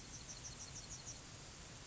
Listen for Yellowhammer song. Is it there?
yes